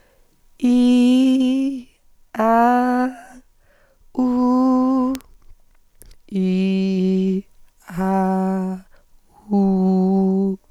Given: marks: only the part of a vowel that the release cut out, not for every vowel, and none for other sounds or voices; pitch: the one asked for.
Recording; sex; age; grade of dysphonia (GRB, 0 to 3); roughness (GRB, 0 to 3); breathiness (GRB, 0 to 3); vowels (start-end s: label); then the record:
sustained vowels; female; 20 to 29 years; 1; 0; 1
0.69-1.64 s: vowel /i/, high pitch
2.44-3.03 s: vowel /a/, high pitch
4.25-5.04 s: vowel /u/, high pitch
6.41-7.28 s: vowel /i/, low pitch
8.02-8.62 s: vowel /a/, low pitch
9.59-10.44 s: vowel /u/, low pitch
From the record:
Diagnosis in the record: hyperfunctional dysphonia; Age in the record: 23 years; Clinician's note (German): Mit beginnender Phonationsverdickung